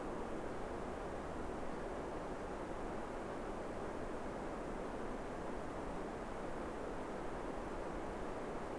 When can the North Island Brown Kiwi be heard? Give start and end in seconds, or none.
none